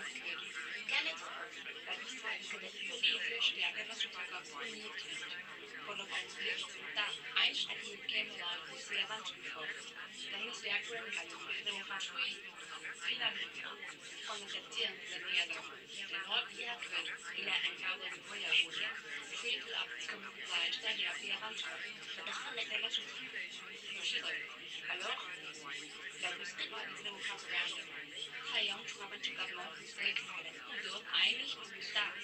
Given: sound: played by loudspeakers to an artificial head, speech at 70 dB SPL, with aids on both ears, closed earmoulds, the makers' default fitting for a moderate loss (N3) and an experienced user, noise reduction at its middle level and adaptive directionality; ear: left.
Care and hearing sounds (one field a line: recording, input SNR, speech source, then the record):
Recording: speech test signal (ISTS) in cocktail-party noise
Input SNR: -3 dB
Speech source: on the right (90 degrees)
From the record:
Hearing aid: class 1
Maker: I